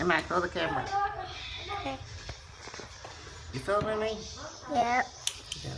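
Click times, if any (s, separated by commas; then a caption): 5.3 s, 5.5 s. A child twists the layers of a plastic Beyblade spinning-top toy together while people talk. Two sharp clicks at 5.3 and 5.5 seconds mark the top layer locking tight onto the base, so the parts are seated.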